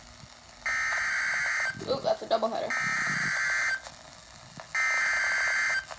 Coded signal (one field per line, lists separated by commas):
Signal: Emergency Alert System (SAME) tones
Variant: header bursts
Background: speech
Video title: EAS doubleheader flash flood warning and severe thunderstorm warning